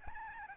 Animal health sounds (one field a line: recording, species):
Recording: mosquito wingbeat signal from an infrared sensor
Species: Aedes albopictus